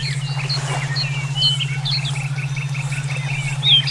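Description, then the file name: Songbirds chirping and whistling, with a rapid series of repeated buzzy notes midway, all over a steady low throbbing hum. Brainwave therapy track for omkicau songbird training. "terapi brainwave omkicau"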